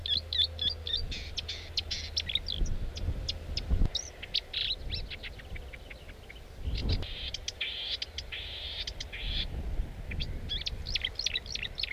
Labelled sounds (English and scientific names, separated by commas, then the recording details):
Marsh Warbler (Acrocephalus palustris) song
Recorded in the wild
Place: Clausthal-Zellerfeld, Oberharz, Niedersachsen, DE
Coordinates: 51.78, 10.33
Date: 1986-06-16
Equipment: Sony WM-D6C, Parabolscheibe
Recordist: Skiba, Reinald